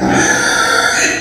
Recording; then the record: squeal of a Yucatan mini pig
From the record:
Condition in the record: before surgery on the right vocal fold (resection and tissue-engineered implant); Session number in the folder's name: 3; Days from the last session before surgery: 0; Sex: female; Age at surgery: 19 weeks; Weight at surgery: 25 kg